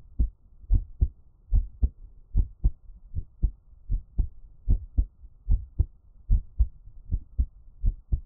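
Steady paired lub-dub thumps at about 74 beats a minute: an adult's own heartbeat heard close up, offered as Taiwanese ASMR.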